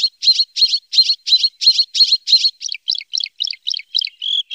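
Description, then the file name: Bluethroat song with a steady string of repeated buzzy phrases, about three each second, switching midway to a different, sharper repeated note. "blauwborst bluethroat"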